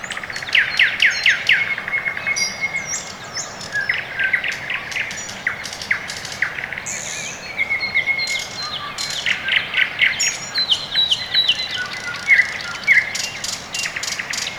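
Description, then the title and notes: Birds: morning bird chorus: bursts of fast chirping, short trills and high whistles from several birds, repeating irregularly throughout. Birds on a quiet early morning in Orekhovo-Borisovo Severnoye district, Moscow, Russia; recorded with Sony ECM-MS2 into Marantz PMD-661, processed with iZotope RX II (EQ, gain). "район Орехово-Борисово Северное, Москва, Россия - Morning birds. Quiet early morning"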